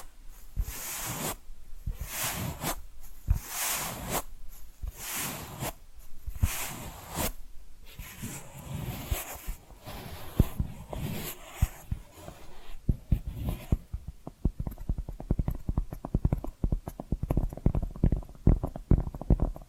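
Tapping and scratching sounds. The first half is dense with scratchy, rustling strokes in bursts of a second or so, separated by brief pauses; after about 13 seconds it changes to sparser, crisp taps and light clicks at an irregular pace.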